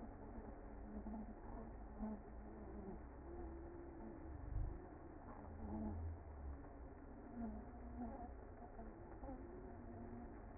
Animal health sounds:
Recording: honeybee colony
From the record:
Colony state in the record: active

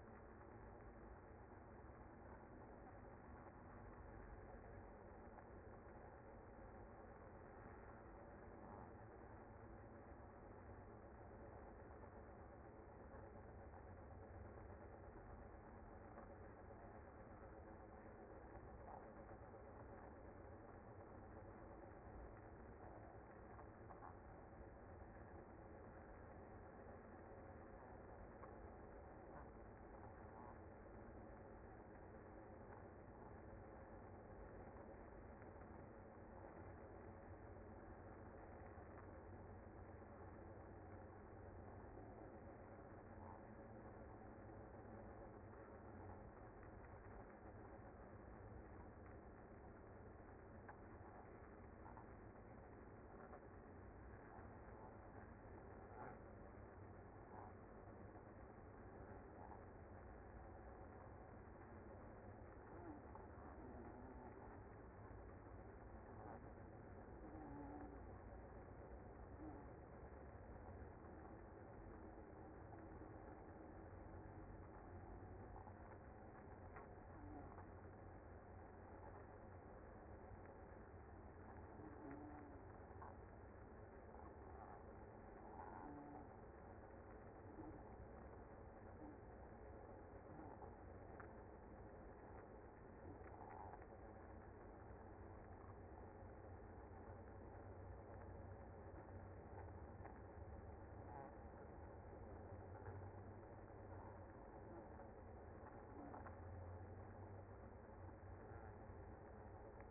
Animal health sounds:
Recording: honeybee colony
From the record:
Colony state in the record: active

